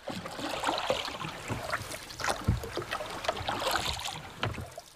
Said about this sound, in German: Das Boot zog an der niedrigen Mauer vorüber, die den von der Hinterfront der Häuser steil zum Ufer abfallenden Streifen Gartenland abschloss.